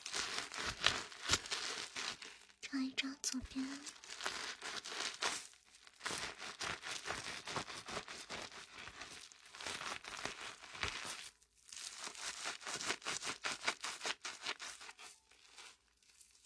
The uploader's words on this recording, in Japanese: 在鹿姐姐的洗发店！泡沫、水の音。